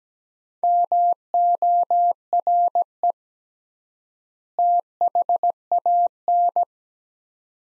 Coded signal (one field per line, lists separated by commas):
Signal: Morse code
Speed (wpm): 17 wpm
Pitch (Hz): 700 Hz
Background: none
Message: MORE THAN